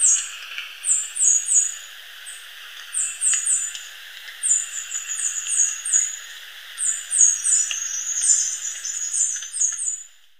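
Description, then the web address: Olive finch giving very high, thin, sibilant notes in quick little clusters, repeated irregularly over a steady background hiss. Ecuador. "Birds of Ecuador. Olive Finch"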